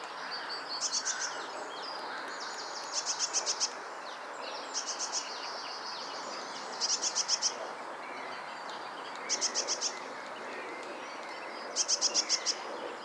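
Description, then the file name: Eurasian blue tit giving short, very high rapid trills in bursts a few seconds apart, against a constant noisy background. "Cyanistes caeruleus"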